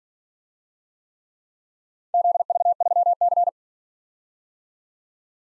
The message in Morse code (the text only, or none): ZV3C